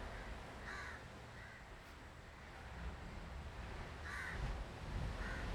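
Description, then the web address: Crows cawing, short harsh caws in pairs separated by a few seconds, over steady low traffic rumble. Street recordings in South India, 2018. "travelogue 2018 South India street recordings crows"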